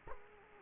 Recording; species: mosquito wingbeat signal from an infrared sensor; Culex quinquefasciatus